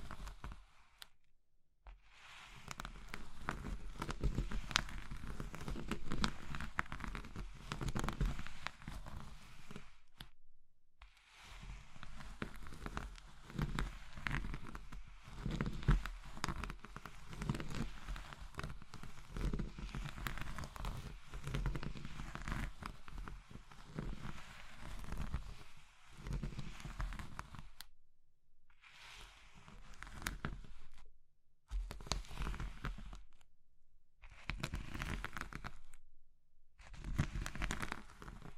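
Crushing of soft, brittle things like soap, chalk, meringue and pastel, heard as dense crumbly crunching and crackling that runs in long bursts. Sharp silent gaps break the sound near 2, 10, 28, 31 and 36 seconds, and the final stretches come in shorter pieces.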